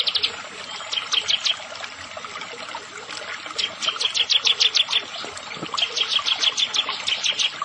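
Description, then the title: Bar-winged prinia song: several bursts of rapid, high, sharp ticking notes over a steady background hiss. "Ciblek Sawah"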